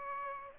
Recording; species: mosquito wingbeat signal from an infrared sensor; Aedes aegypti